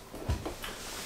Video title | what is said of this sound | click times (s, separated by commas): 2024 Ember RV Touring Edition 29MRS - All Tears and No Fears! - Layzee Acres RV Sales | looking out to your campsite nice and easy to use you basically just unlock these like so | 0.6 s